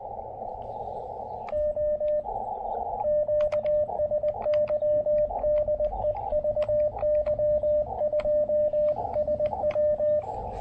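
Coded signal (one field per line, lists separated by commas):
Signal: Morse code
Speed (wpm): 20 wpm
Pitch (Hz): 600 Hz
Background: radio noise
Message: O QSY DE VY2SW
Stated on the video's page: Morse heard during an early-morning park activation in changeable weather.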